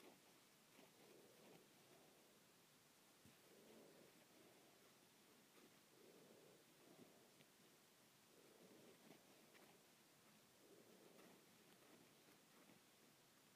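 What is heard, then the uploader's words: Fabric being scratched in a steady back-and-forth rhythm, each stroke a soft, slightly hollow rasp repeating about every two seconds. A constant bright hiss runs underneath throughout, with occasional faint clicks and ticks scattered across the clip. Scratching my Shirt.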